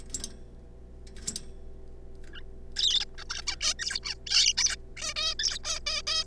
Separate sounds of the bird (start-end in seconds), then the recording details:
2.33-2.42, 2.76-3.05, 3.18-3.24, 3.30-3.42, 3.47-3.55, 3.61-3.74, 3.79-4.00, 4.03-4.14, 4.27-4.53, 4.57-4.76, 4.97-5.14, 5.16-5.34, 5.39-5.58, 5.64-5.79, 5.86-6.02, 6.07-6.24. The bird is a juvenile. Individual R3549